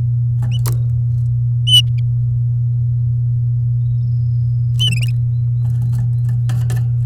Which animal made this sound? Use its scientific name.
Serinus canaria